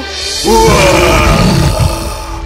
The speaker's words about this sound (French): Le lion fut furieux que quelqu'un l'ait dérangé pendant son dîner si attendu. Il aperçut Aaron et rugit de colère.